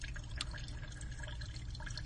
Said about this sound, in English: Right, do we have a glass? We have an absinthe spoon sitting across the top of the glass with a sugar cube on it. We're dumping the absinthe on top.